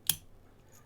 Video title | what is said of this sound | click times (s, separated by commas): Sesamee 76012 SFIC Padlock Pick and Gut | you hear that click and then you can pull the whole thing out | 0.1 s